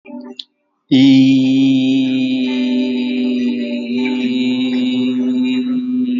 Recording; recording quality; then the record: sustained vowel as in beet; excellent, no background noise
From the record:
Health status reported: healthy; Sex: male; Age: 38 years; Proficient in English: yes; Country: India